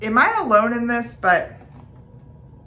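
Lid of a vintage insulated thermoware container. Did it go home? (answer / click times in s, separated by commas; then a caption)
no / none. Someone talks while handling the lid of a vintage mustard-yellow insulated thermoware container, probably plastic, about to close it to show off its click. A faint handling tap comes at 1.8 s, then quiet room tone. Nothing has seated or clicked yet.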